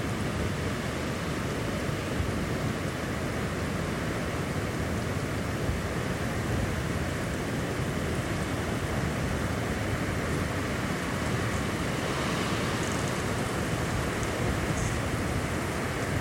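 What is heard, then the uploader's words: A coastal dune landscape wrapped in a steady, dense roar, like surf and wind blending into one unbroken hiss with a deep low rumble beneath. The level never changes across the whole stretch, with only faint brighter flickers near the end. The hidden sounds of the coastal dunescape at Studland Nature Reserve, UK.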